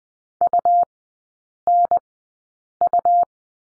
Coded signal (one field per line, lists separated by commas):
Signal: Morse code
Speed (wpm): 20 wpm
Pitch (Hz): 700 Hz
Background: none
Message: UNU